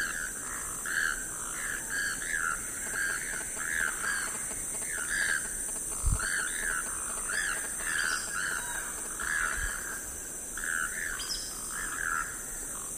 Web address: sound choco-toucan. صدای-پرنده-توکان-چوکو